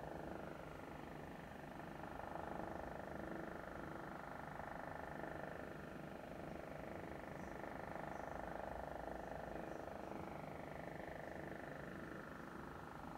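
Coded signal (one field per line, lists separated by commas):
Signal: radar signal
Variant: over-the-horizon radar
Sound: steady rapid pulsing buzz or chatter over hiss, filling the whole clip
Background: radio static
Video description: Major inteferance on the 17m amateur radio band from one of the Over the Horizon Radars. This is the strongest I have ever heard it.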